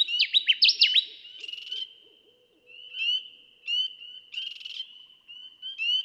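Connecticut warbler song, a quick run of loud downslurred notes at the start, followed by repeated high whistled notes and two brief buzzy patches.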